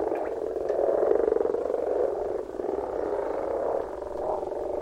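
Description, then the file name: Frogs croaking en masse, a steady wall of coarse, rapid calls that dips briefly midway then resumes. "Frogs - Frog voises Sounds captured"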